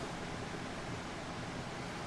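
The last metal brush spring is handled as it is about to be pressed back over its carbon brush in the brush holder of a golf cart electric motor's end housing. Only steady, broadband hiss-like noise is heard throughout, with no distinct click or snap. Nothing has seated or clicked yet.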